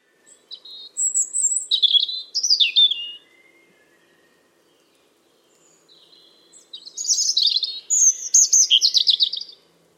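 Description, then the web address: Bird song: two varied, high-pitched warbling phrases of thin trills and squeaky notes, separated by a pause of about three and a half seconds. "Deverinetal 2025. Bird Only"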